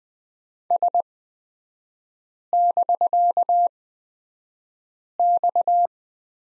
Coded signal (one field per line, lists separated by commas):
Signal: Morse code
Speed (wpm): 20 wpm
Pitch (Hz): 700 Hz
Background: none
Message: S<BK>X